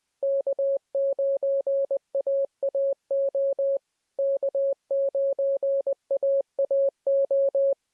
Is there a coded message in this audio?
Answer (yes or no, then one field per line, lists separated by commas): yes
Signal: Morse code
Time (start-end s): 0.2-7.7 s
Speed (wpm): 20 wpm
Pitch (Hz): 550 Hz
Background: none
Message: K9AAO K9AAO